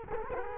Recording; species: mosquito wingbeat signal from an infrared sensor; Culex quinquefasciatus